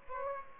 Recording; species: mosquito wingbeat signal from an infrared sensor; Aedes aegypti